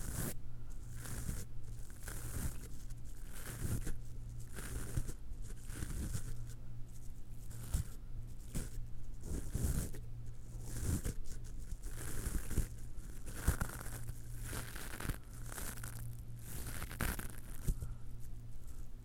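Ear cleaning, with dense crackly scraping and rustling bursts throughout, bright and irregular over a steady low hum underneath.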